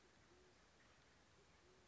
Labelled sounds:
Band-tailed Pigeon (Patagioenas fasciata)

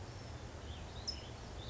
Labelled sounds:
California Towhee (Melozone crissalis)

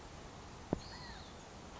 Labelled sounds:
California Quail (Callipepla californica)

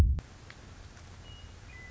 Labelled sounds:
Western Meadowlark (Sturnella neglecta)

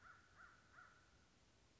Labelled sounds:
American Crow (Corvus brachyrhynchos)

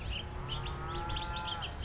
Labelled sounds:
House Finch (Haemorhous mexicanus)

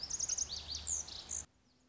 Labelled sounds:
Lazuli Bunting (Passerina amoena)

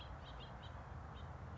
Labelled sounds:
House Finch (Haemorhous mexicanus)

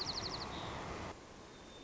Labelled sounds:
White-crowned Sparrow (Zonotrichia leucophrys)

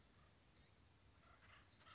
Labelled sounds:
Blue-gray Gnatcatcher (Polioptila caerulea)

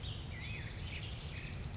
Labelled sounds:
Black-headed Grosbeak (Pheucticus melanocephalus)

